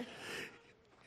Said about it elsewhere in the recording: I have hiccups really bad, and I sound like a pterodactyl when I have my hiccups.